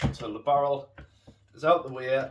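Someone talks while the outer body or handguard of an ASG Scorpion Evo CZ airsoft SMG is slid back over the barrel toward the receiver. Nothing has seated or clicked yet, and the clip ends just before the part locks in place.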